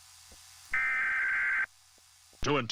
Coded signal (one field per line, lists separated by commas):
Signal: Emergency Alert System (SAME) tones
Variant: header bursts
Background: speech